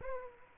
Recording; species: mosquito wingbeat signal from an infrared sensor; Aedes aegypti